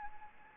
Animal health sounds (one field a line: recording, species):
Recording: mosquito wingbeat signal from an infrared sensor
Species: Anopheles arabiensis